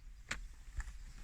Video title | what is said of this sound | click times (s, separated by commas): Comment remplacer le levier de vitesse BMW E90 LCI | ah, c'est neuf, c'est léger, on l'a pas entendu. Moi je l'ai senti, mais du coup | 0.3 s